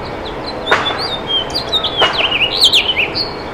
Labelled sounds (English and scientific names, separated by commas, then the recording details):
House Finch (Haemorhous mexicanus) song
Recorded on Long Island, New York, on 28 June 2012
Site SB
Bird A